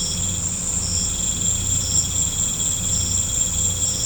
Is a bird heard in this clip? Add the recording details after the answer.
no. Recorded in pastures near Puerto Asís, Putumayo, Colombia, on 18 December 2024 at 18:30. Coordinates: 0.505, -76.324. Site G063